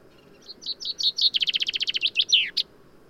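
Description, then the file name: Common chaffinch song: a series of high chipping notes speeding into a rattling trill, then a quick descending flourish and a sharp final note, over faint low background hum. "Fringilla coelebs"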